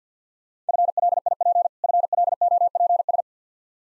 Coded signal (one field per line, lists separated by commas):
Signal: Morse code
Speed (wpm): 50 wpm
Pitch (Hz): 700 Hz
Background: none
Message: FLIP FLOPS